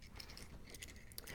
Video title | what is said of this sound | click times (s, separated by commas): Honeywell 4-Button Wireless Key Fob Battery Replacement - by JTL Security | In order to ensure that it's together, we're just going to give it a squeeze, and it should click into place and everything sits nice and flush. | 0.2 s, 1.2 s